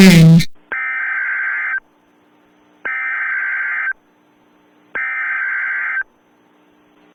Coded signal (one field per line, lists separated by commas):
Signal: Emergency Alert System (SAME) tones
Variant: header bursts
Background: speech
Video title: Bot Bogus (+ MistfulSkye, Deejay Greg, Dark Deception Gamer) (EAS Scenario)